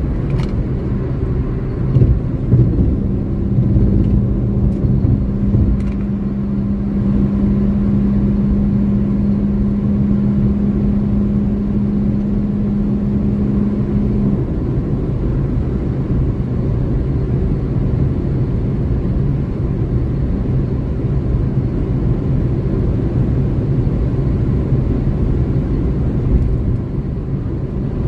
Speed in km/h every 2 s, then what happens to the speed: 151, 154, 155, 157, 158, 159, 159, 159, 159, 159, 159, 158, 158, 158.
0-28 steady at about 158.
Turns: none.